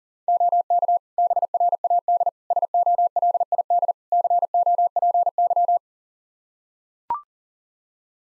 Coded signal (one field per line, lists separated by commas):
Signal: Morse code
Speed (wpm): 37 wpm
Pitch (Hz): 700 Hz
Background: none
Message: OK BRAD SOLID COPY